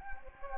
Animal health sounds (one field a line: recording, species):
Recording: mosquito wingbeat signal from an infrared sensor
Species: Anopheles gambiae